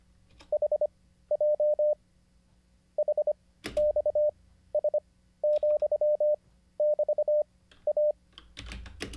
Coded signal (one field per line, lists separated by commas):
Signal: Morse code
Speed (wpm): 25 wpm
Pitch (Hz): 600 Hz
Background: none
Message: HJ HXS,<BT>A